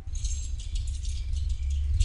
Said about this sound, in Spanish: Julio juega con las llaves.